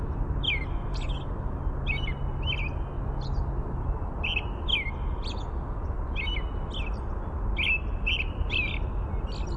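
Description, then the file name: American robin song: a continuous series of brief caroling phrases, paused now and then, with steady low-pitched background rumble throughout. "AMRO song"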